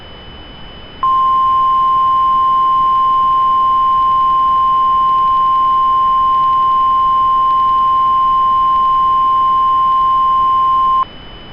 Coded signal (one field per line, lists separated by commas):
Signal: Emergency Alert System (SAME) tones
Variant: 1050 Hz attention tone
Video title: The Devil's Awakening (An EAS Scenario)